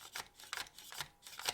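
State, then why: Not seated. A Glock 19 magazine is pushed into the grip of a Glock 17 airsoft pistol, making a series of short, bright scraping knocks, with sharper hits near 0.5, 1.0 and 1.5 seconds. The shorter magazine does not fit the larger grip, and nothing has seated or clicked.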